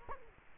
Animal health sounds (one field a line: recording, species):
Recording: mosquito wingbeat signal from an infrared sensor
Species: Culex quinquefasciatus